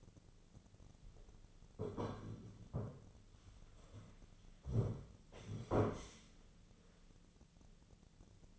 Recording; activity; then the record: daily activity, microphone in the room; sit down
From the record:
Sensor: 4